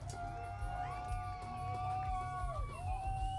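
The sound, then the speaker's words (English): A music festival crowd cheers and whoops for a band without pause, with long high-pitched cries and whistles riding over a steady low rumble of noise. “make some more noise for …”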